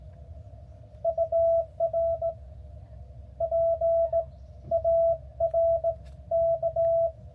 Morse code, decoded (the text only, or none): UR PARK